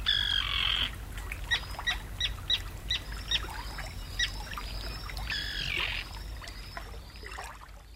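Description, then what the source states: Common Tern alarm: a harsh rasping scream, a quick run of sharp kit notes, then another grating scream, with steady low rumble throughout. Birds fly out to meet a boater approaching the nesting area, calling loudly and diving at the intruder's head; colony sensitive to disturbance.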